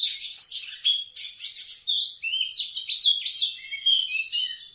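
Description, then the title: Oriental magpie-robin song opening with harsh scratchy bursts, then a run of fluid, slurred whistles rising and falling. Singing actively, a style called gacor. "Kacer Gacor"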